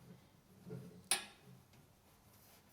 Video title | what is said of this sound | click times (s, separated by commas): How to Test & Replace Frigidaire Oven Temperature Sensor - 5304526310 - Parts Dr - DIY Repair | Reconnect the sensor and assure that the connection snaps into place and the connection is secure. | 1.1 s